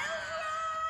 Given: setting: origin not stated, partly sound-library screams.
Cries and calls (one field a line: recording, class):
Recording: one-second piece from a danger detection set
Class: woman in danger